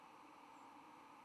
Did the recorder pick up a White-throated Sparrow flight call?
yes